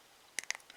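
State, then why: Seated. A plywood snap latch is pressed into its mating plywood part while a wooden puzzle box model is being assembled, like a plastic snap latch. Two sharp clicks sound at 0.4 s and 0.5 s, each with a fainter tick just after, against a quiet background. The latch is seated.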